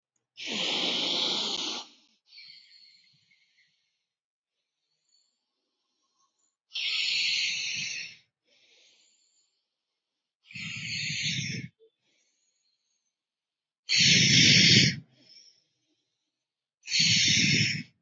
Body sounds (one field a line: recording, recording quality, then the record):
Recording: deep breathing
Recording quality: excellent, no background noise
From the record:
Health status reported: healthy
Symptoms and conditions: cold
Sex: male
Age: 18 years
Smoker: not ticked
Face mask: not worn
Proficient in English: yes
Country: India